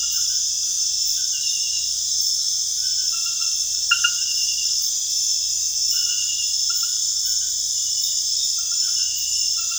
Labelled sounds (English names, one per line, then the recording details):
none
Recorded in secondary vegetation near Puerto Asís, Putumayo, Colombia, on 22 June 2025 at 20:00
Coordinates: 0.498, -76.327
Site GP09